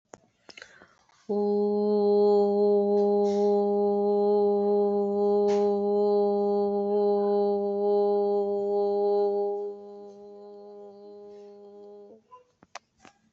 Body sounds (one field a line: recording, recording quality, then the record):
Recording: sustained vowel as in boot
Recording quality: excellent, no background noise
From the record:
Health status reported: COVID-19 positive, mild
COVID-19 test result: positive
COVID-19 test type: RT-PCR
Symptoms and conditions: cough, cold, sore throat, fever, fatigue, muscle pain, diabetes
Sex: female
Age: 49 years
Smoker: no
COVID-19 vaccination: both doses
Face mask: worn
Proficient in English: yes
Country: India